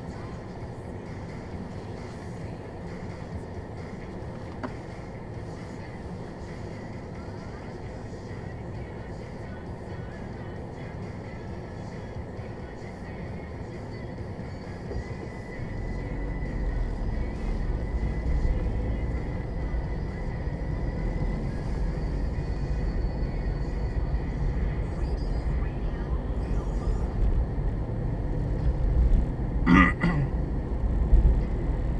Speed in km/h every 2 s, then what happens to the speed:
0, 0, 0, 0, 0, 0, 0, 0, 12, 18, 24, 25, 24, 24, 27, 32.
0-14 standing. 14-20 pulls away to 24. 20-26 steady at about 24. 26-32 speeds up to 32.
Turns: none.